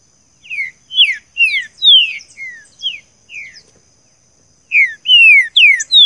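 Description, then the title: Green-winged saltator delivering a phrase of sweet descending whistles, a pause, then another strong burst of slurred notes. "Canto De Trinca Ferro"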